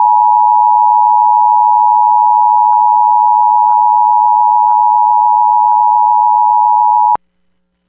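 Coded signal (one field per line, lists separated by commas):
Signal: Emergency Alert System (SAME) tones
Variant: 853 and 960 Hz attention tone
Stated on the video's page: National EAS test as carried on a television subchannel.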